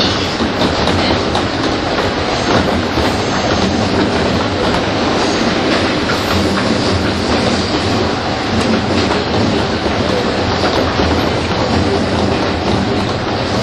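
A 201 series train on the Chuo Rapid line between Tokyo and Takao rumbles along at a steady, dense roar for the whole stretch. Low running noise fills the bottom while a bright hiss sits on top, with faint rhythmic clacking threaded through.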